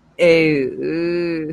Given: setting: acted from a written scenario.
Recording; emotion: vocal sound without words; embarrassment